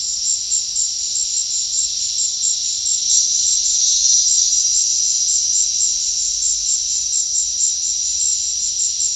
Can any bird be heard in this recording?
no